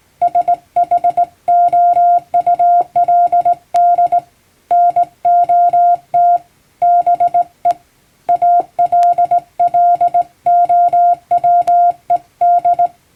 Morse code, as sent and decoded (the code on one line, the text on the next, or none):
... .... --- ..- .-.. -.. / -. --- - / -... . / .- .-.. .-.. --- .-- . -..
SHOULD NOT BE ALLOWED